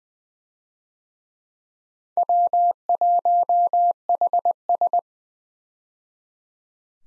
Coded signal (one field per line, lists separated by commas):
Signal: Morse code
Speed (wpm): 20 wpm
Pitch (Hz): 700 Hz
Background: none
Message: W1HS